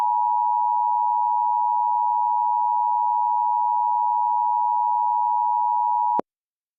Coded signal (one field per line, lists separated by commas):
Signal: Emergency Alert System (SAME) tones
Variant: 853 and 960 Hz attention tone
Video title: * VALID TONES * EAS Blizzard Warning Minnesota